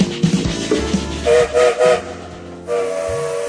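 Three short, loud train whistle blasts in a row give way to a long, steady whistle tone, all over the low rumble and clatter of a moving train.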